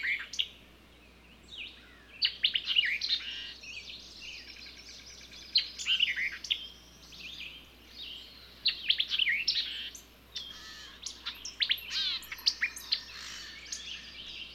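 Birds singing, a mix of high chirps, quick trills and sharp rising notes in irregular bursts, with short quiet gaps between phrases.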